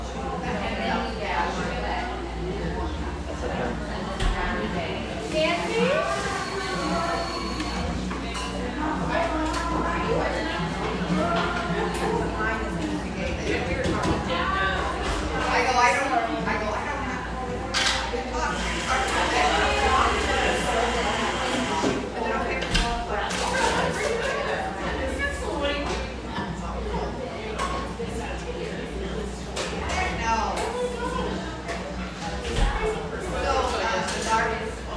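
Busy cafe chatter fills the whole stretch, many overlapping voices talking at once in a dense, steady murmur. Dishes and cups clink now and then, with a brighter burst of clatter around the twenty-second mark, over a low constant hum underneath.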